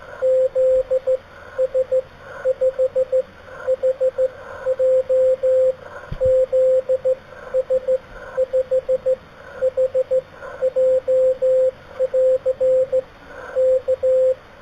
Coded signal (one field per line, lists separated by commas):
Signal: Morse code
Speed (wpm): 15 wpm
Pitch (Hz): 520 Hz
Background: radio noise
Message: ZS5HJ ZS5HJ <AR> K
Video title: Morse Code QSO with Jan ZS5HJ